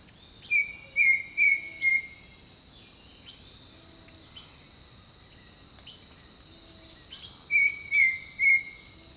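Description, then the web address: Bird song in two bursts of a few whistled notes each, separated by a pause with soft lower calls and continuous high insect buzzing. Jungle birdsong. "Echoes of Nature - Jungle Talk 01 Jungle Birdsong"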